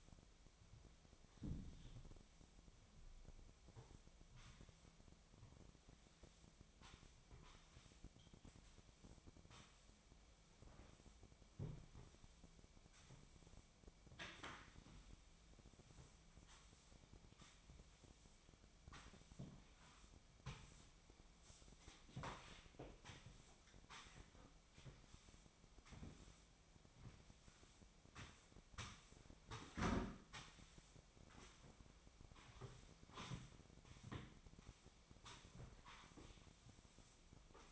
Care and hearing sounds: daily activity, microphone in the room; sweep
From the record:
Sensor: 1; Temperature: 25.6 degrees Celsius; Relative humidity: 38.0%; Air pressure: 1007.0 hPa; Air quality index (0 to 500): 205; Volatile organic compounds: 23 ppm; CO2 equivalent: 2771 ppm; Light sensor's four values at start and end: 13/32/13/14 and 13/32/13/14

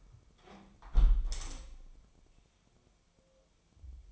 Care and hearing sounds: daily activity, microphone in the room; close window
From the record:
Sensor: 1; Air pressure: 1014.9 hPa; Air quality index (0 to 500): 26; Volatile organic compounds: 1 ppm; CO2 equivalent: 510 ppm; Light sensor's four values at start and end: 11/27/11/12 and 11/25/10/11

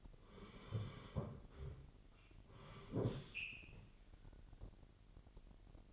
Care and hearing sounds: daily activity, microphone in the room; sit down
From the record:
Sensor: 4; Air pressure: 999.3 hPa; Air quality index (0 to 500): 111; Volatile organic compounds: 2 ppm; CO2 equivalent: 1098 ppm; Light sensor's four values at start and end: 11/25/10/11 and 11/25/10/11

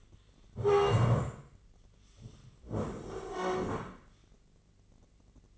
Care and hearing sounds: daily activity, microphone in the room; stand up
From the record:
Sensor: 4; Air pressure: 1013.1 hPa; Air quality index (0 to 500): 174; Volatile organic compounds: 2 ppm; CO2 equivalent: 1096 ppm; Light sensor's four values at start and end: 49/121/51/55 and 49/121/51/55

